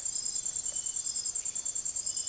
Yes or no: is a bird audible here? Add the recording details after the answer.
no. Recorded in secondary vegetation near Puerto Asís, Putumayo, Colombia, on 24 June 2025 at 05:30. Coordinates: 0.489, -76.322. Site G021